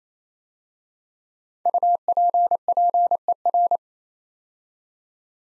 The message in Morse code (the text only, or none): UPPER